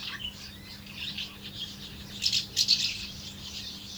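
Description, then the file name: House martin twitter: rapid, buzzy high chirps, with a louder burst of notes in the second half. "molnárfecske-hangja"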